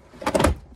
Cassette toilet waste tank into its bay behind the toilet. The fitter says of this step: and you'll hear it snap and know that it's in place